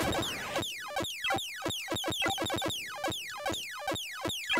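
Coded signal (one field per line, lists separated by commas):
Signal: none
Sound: a video game's sound effects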